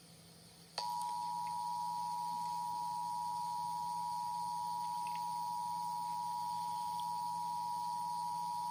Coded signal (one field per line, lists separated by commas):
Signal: Emergency Alert System (SAME) tones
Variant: 853 and 960 Hz attention tone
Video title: Emergency Alert System Warning Torando July 1, 2021